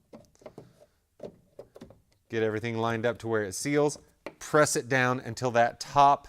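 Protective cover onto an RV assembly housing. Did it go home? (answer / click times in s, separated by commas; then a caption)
no / none. Someone sets the two small tabs of a plastic protective cover into the cradle at the bottom of an RV assembly housing and lines the cover up, making a few light handling taps between about 0.2 and 1.8 s. Someone then talks. Nothing has seated or clicked yet; the cover is only lined up, and the top clip has not snapped into place.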